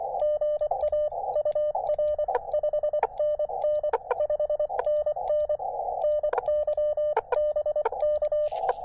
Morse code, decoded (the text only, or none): GA UR 5NN 5NN NYBK